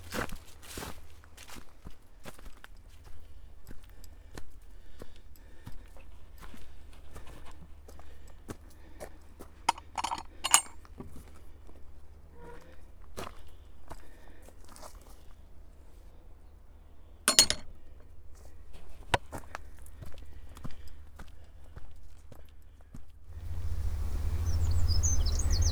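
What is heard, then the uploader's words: Along the South West Coast Path, a steady low rumble sits under scattered clicks and clinks that come every second or so. Louder bright bursts stand out around ten and seventeen seconds. In the last few seconds a heavier, rushing low roar builds up. Today's walk is from Seaton to Portwrinkle along the South West Coast Path.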